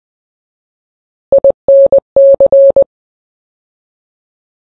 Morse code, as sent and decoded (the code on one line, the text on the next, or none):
.. -. -.-.
INC